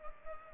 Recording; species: mosquito wingbeat signal from an infrared sensor; Culex pipiens